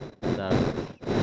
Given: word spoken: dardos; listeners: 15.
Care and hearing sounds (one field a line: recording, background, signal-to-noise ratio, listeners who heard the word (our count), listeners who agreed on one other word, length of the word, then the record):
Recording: one Spanish word in noise, from a listening test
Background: noise modulated by one talker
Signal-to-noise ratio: -9.2 dB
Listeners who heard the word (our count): 0 of 15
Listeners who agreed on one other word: 10 of 15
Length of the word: 0.84 s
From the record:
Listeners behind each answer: 10, 2, 1, 1, 1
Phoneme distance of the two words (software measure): 7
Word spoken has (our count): 2 syllables, 6 phonemes, stress on syllable 1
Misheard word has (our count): 2 syllables, 5 phonemes, stress on syllable 1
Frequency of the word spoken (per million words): 1.73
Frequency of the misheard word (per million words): 13.03